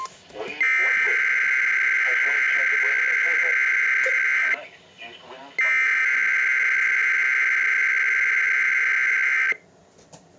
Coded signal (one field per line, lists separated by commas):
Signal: Emergency Alert System (SAME) tones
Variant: header bursts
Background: speech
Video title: EAS #353-354 - Required Weekly Test (KEC92 + WTGR)